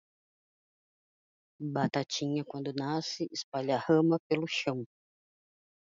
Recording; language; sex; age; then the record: short text; Brazilian Portuguese; female; 30 to 39 years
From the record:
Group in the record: control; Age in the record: 39 years